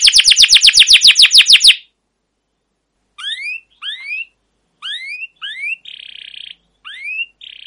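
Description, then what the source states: Canary song opening with a loud quick trill, then silence and spaced rising upswept notes with a brief buzzy roll between them. Canary song recorded as a lure or training master for canaries, a long trilling rolled song described as cuit cuit ngerol, gacor panjang.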